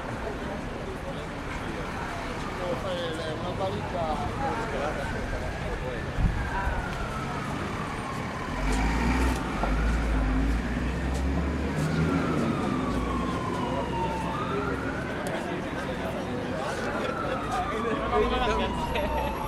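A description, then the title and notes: A busy market crowd fills the scene with a dense, steady wash of overlapping voices. Passing vehicles rise and fall with sliding tones, and a low rumble swells around the middle and again near the end. Scattered clatters and knocks punctuate the constant chatter. Camden Market is a very noisy place. London Soundscape.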